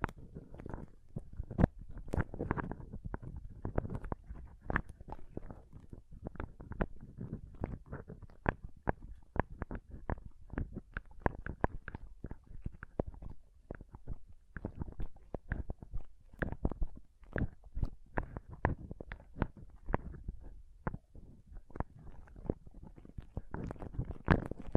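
Soft pom poms are handled and squished in a steady, irregular stream of crinkly, crackling rustles. Sharp little snaps pop up every second or so over a low, muffled rumble, and the texture stays dense and unbroken from start to finish.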